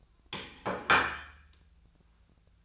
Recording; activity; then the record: daily activity, microphone in the room; place plate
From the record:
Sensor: 2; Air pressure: 1009.2 hPa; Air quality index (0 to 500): 187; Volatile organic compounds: 12 ppm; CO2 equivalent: 2327 ppm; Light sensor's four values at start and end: 22/53/23/25 and 22/54/23/25